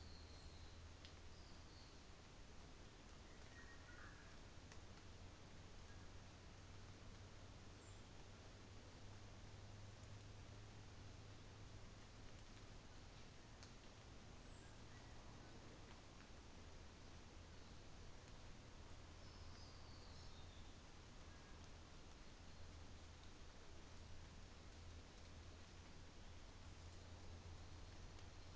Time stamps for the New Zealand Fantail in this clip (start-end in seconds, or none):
7.75-8.18, 14.20-14.93